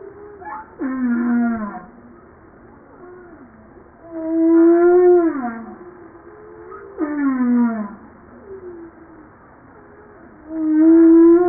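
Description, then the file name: Humpback whale song: sweeping harmonic cries and sustained moans trade off in a repeating sequence, loud phrases separated by quieter gaps. Recorded 5 March 1994. "Baleine a bosse 940305"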